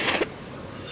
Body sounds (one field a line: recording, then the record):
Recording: coughing mixed with background sound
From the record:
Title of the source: 61 morning phlegmy cough...again